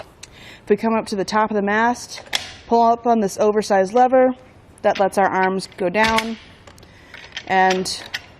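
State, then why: Not seated. Someone talks while pulling up the oversized lever at the top of the mast of a Thule Helium Pro hitch bike rack for 3 bikes on a 2019 Subaru Forester, letting the folding carrier arms go down toward the mast pivot. Short, sharp handling sounds come around 6.7–7.1 s. The clip ends before the arms lock into place, so nothing has seated or clicked yet.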